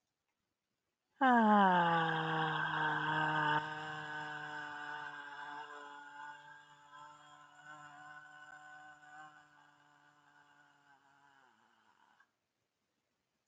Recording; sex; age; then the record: vowel held as long as possible; female; 50 to 59 years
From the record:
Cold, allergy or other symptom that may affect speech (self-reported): no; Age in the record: 57 years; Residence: Michigan, United States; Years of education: 16